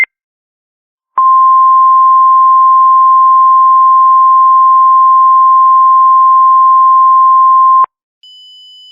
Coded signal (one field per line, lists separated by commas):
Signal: Emergency Alert System (SAME) tones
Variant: 1050 Hz attention tone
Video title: EAS Mock: "Landspout"